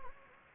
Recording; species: mosquito wingbeat signal from an infrared sensor; Anopheles gambiae